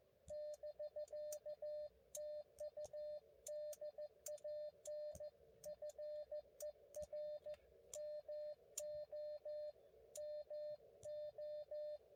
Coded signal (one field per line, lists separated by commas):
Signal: Morse code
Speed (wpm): 14 wpm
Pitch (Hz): 600 Hz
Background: music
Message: <BK> TU DAN FER MO MO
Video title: 20241220 Five Park POTA Run - Three Outta Five Ain't Bad